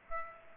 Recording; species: mosquito wingbeat signal from an infrared sensor; Aedes aegypti